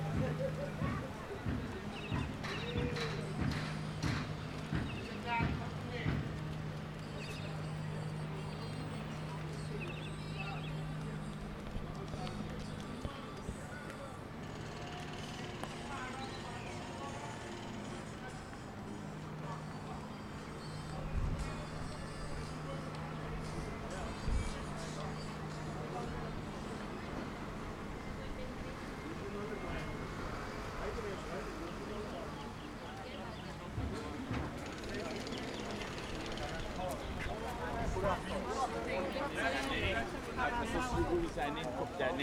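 Walking around Willemstad, Curaçao: people talk throughout, with overlapping voices and chatter. A steady low engine hum runs under the first half, fading around 26 seconds, and the voices grow busier and more scattered toward the end.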